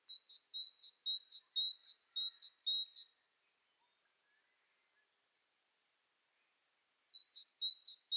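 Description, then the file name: Great tit singing a ringing two-note phrase, high then slightly lower, repeated several times, then a long quiet gap before the phrase starts again. "Parus major"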